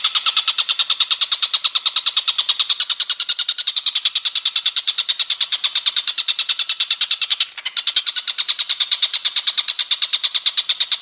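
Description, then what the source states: Bird delivering a long series of quick, high, evenly spaced chirps, with one momentary break before resuming. Masteran compilation of bird song, used as training for caged songbirds.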